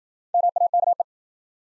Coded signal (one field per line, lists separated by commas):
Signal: Morse code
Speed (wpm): 54 wpm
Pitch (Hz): 700 Hz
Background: none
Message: MAKE